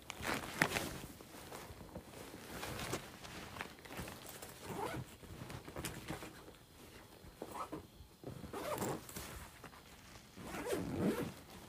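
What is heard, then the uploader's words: Various items being moved around, with irregular bursts of scraping, shuffling and rustling, sharp knocks near the start and louder scrapes near the end. ASMR Moving Various Items Around.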